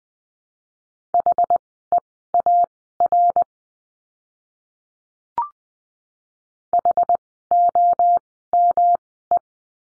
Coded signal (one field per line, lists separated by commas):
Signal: Morse code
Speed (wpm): 20 wpm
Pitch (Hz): 700 Hz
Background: none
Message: HEAR HOME